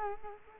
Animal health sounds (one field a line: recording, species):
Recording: mosquito wingbeat signal from an infrared sensor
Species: Culex quinquefasciatus